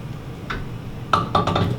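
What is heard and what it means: An X-ray tube carriage is moved along its ceiling/stand track to the Bucky center position, and its centering detent locks with a sharp metallic click at 1.1 s. Two softer clicks follow at 1.4 s and 1.6 s. The tube is confirmed centered and seated.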